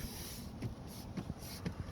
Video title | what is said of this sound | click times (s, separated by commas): Ford Fusion SE Cabin Air Filter Replacement Change How to DIY 2013 up to 2015 I Believe Dont Ignore | and snap it in. All right, that's in. The bottom is in. Top is in. | 1.2 s, 1.7 s